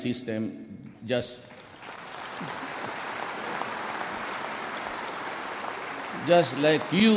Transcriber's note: applause